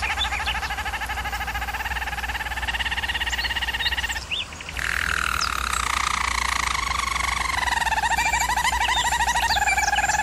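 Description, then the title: German Roller canary producing layered rolling trills, a short break, then a gently falling, drawn-out roll with faint higher notes; constant low hum. German Roller canary singing, for canary training. "German Roller Canary Singing - Canary Training Vid"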